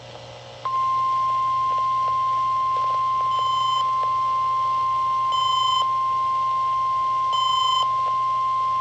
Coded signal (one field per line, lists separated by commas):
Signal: Emergency Alert System (SAME) tones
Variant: 1050 Hz attention tone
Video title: (EAS #314) KLOT Required Weekly Test